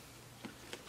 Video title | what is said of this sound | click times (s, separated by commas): Osprey Transporter 40...The Best Carry On Luggage 2020??? | there are some connection points in here that you quickly snap into place so I really like that | 0.7 s